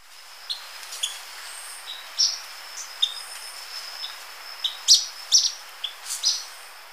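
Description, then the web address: Ornate flycatcher giving sharp, high, clipped call notes at irregular intervals, with softer lower chips and a constant thin high tone. Recorded in Ecuador. "Birds of Ecuador. Ornate Flycatcher"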